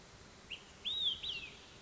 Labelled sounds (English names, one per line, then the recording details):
Olive-sided Flycatcher
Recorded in Sonoma County, California